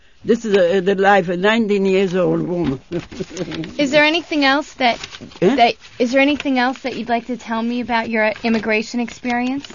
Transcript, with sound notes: This is the life, a ninety years old woman. ( the sound of papers rustling is heard )
Is there anything else that, is there anything else that you'd like to tell me about your immigration experience?